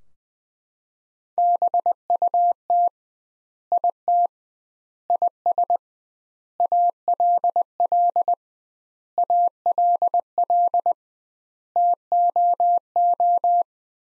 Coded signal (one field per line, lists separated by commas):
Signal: Morse code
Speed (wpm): 20 wpm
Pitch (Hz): 700 Hz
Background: none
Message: BUT IT IS ALL ALL TOO